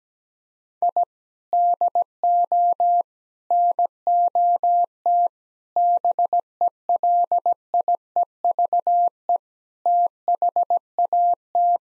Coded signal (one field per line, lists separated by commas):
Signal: Morse code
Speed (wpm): 17 wpm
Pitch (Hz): 700 Hz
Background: none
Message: I DO NOT BELIEVE THAT